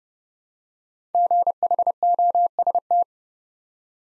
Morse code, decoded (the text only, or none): GHOST